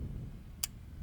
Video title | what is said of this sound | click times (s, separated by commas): Girl Torque - Free Range Sailing Ep 67 | Ah, you hear that nice little click. | 0.6 s